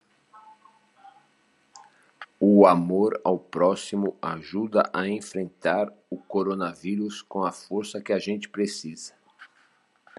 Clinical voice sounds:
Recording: spoken sentence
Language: Brazilian Portuguese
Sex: male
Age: 50 to 59 years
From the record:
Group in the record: control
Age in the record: 57 years

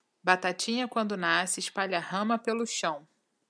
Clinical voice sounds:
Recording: short text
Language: Brazilian Portuguese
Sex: female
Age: 30 to 39 years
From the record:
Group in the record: control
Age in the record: 34 years

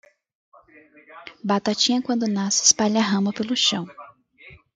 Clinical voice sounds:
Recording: short text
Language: Brazilian Portuguese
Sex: female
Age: 20 to 29 years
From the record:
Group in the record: control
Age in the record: 22 years

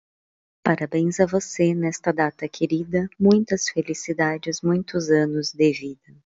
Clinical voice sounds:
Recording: short text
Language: Brazilian Portuguese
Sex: female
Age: 40 to 49 years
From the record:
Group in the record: control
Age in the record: 48 years

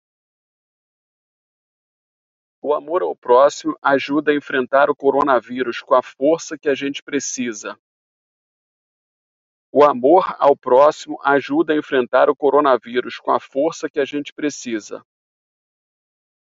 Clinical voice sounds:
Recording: spoken sentence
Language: Brazilian Portuguese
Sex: male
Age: 50 to 59 years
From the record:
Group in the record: control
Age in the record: 51 years

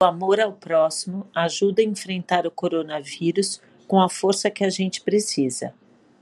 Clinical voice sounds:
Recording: spoken sentence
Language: Brazilian Portuguese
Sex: female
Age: 50 to 59 years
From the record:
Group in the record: control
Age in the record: 52 years

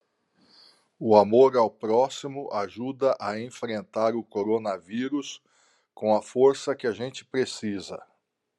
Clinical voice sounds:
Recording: spoken sentence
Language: Brazilian Portuguese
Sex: male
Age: 60 to 69 years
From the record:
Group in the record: control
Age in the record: 61 years

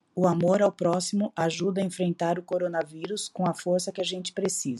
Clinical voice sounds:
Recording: spoken sentence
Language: Brazilian Portuguese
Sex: female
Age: 50 to 59 years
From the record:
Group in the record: control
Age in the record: 50 years

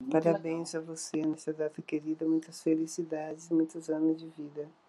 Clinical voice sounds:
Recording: short text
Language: Brazilian Portuguese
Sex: female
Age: 60 to 69 years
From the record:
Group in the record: control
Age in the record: 66 years

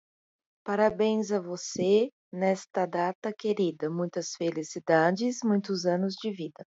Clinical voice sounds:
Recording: short text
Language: Brazilian Portuguese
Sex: female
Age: 30 to 39 years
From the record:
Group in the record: control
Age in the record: 37 years

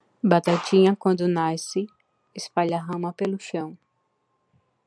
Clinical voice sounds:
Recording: short text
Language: Brazilian Portuguese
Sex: female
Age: 20 to 29 years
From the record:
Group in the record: control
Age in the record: 23 years

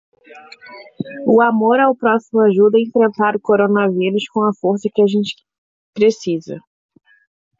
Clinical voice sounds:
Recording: spoken sentence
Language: Brazilian Portuguese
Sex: female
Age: 20 to 29 years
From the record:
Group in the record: control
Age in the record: 26 years

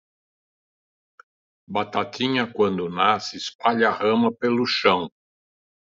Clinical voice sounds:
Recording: short text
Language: Brazilian Portuguese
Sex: male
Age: 70 to 79 years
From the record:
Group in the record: control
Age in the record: 72 years

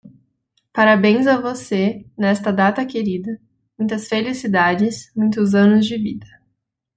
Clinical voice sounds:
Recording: short text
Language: Brazilian Portuguese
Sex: female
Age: 20 to 29 years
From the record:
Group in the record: control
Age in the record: 23 years

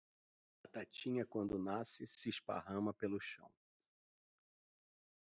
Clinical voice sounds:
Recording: short text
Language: Brazilian Portuguese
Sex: male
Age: 50 to 59 years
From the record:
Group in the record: control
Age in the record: 54 years

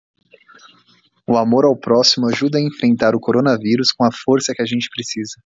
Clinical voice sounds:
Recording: spoken sentence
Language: Brazilian Portuguese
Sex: male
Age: 30 to 39 years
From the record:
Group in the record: control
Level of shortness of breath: 0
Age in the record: 33 years

